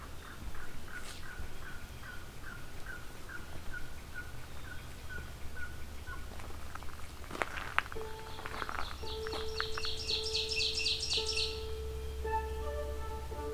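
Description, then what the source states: Yellow-billed Cuckoo giving a series of hollow notes for several seconds, followed by other buzzy calls and a steady tone. Heard along a trail through a swamp.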